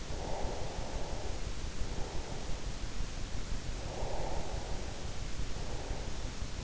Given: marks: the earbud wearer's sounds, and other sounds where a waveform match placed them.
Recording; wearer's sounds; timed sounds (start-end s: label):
sounds in sleep by an in-ear microphone; breath
0.00-2.72 s: breath
3.62-6.55 s: breath